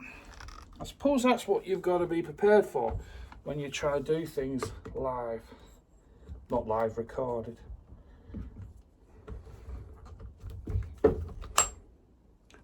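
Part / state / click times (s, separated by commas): airsoft pistol into carbine conversion kit / seated / 11.6 s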